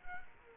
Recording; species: mosquito wingbeat signal from an infrared sensor; Culex quinquefasciatus